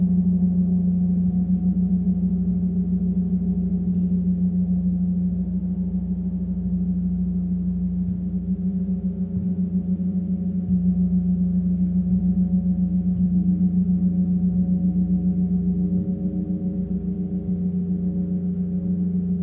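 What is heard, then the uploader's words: A gong bath hums with a deep, steady drone around a strong low tone, softly pulsing with faint recurring swells and no bright sounds. Gong Bath. 銅鑼浴. 聆聽銅鑼的宇宙音頻.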